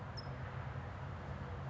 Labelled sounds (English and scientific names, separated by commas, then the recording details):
California Towhee (Melozone crissalis)
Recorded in Sonoma County, California